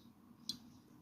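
The internal part of a 3-button remote fob for a 2007 to 2011 Ford Focus is put in corner first, slid into the plastic fob case, and pushed down and in. A single sharp, bright tick sounds at 0.5 s over a low, steady background. The part clicks into the case and is seated.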